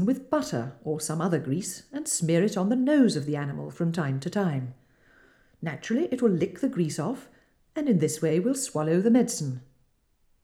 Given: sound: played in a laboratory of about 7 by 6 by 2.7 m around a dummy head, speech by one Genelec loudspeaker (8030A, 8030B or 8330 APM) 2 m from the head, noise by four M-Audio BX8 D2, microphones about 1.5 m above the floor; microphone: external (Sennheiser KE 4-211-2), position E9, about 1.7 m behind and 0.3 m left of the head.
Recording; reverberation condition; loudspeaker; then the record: female speech in English; medium; behind (180 degrees)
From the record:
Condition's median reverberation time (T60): about 510 ms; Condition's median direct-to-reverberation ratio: about -0.5 dB